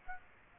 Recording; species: mosquito wingbeat signal from an infrared sensor; Aedes aegypti